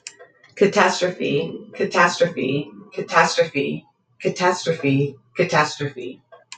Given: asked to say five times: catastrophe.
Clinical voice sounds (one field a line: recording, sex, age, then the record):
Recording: repeated word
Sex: female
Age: 40 to 49 years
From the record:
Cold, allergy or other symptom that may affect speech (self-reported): no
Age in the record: 46 years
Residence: Minnesota, United States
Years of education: 15